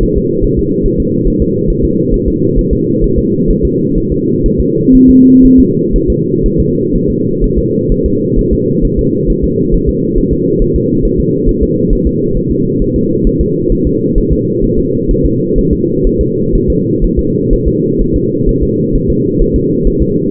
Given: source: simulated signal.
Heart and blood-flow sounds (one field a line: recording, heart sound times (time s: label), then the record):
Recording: fetal heart sounds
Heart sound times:
0.03 s: S1
0.18 s: S2
0.44 s: S1
0.59 s: S2
0.86 s: S1
1.00 s: S2
1.27 s: S1
1.42 s: S2
1.70 s: S1
1.85 s: S2
2.14 s: S1
2.28 s: S2
2.58 s: S1
2.73 s: S2
3.04 s: S1
3.19 s: S2
3.50 s: S1
3.65 s: S2
3.98 s: S1
4.12 s: S2
4.46 s: S1
4.60 s: S2
4.95 s: S1
5.10 s: S2
5.45 s: S1
5.60 s: S2
5.96 s: S1
6.10 s: S2
6.46 s: S1
6.60 s: S2
6.95 s: S1
7.10 s: S2
7.44 s: S1
7.58 s: S2
7.92 s: S1
8.06 s: S2
8.39 s: S1
8.53 s: S2
8.85 s: S1
8.99 s: S2
9.30 s: S1
9.44 s: S2
9.74 s: S1
9.89 s: S2
10.18 s: S1
10.33 s: S2
10.62 s: S1
10.76 s: S2
11.05 s: S1
11.20 s: S2
11.49 s: S1
11.63 s: S2
11.93 s: S1
12.07 s: S2
12.37 s: S1
12.51 s: S2
12.82 s: S1
12.96 s: S2
13.27 s: S1
13.41 s: S2
13.72 s: S1
13.87 s: S2
14.18 s: S1
14.32 s: S2
14.64 s: S1
14.79 s: S2
15.11 s: S1
15.25 s: S2
15.58 s: S1
15.73 s: S2
16.07 s: S1
16.21 s: S2
16.55 s: S1
16.70 s: S2
17.04 s: S1
17.19 s: S2
17.53 s: S1
17.68 s: S2
18.01 s: S1
18.16 s: S2
18.49 s: S1
18.63 s: S2
18.95 s: S1
19.10 s: S2
19.42 s: S1
19.56 s: S2
19.87 s: S1
20.02 s: S2
From the record:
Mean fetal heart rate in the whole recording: 130 bpm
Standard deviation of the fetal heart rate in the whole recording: 4 bpm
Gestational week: 38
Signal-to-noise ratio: -11.2 dB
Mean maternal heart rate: 72 bpm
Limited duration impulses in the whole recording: present